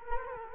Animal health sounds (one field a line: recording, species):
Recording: mosquito wingbeat signal from an infrared sensor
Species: Culex quinquefasciatus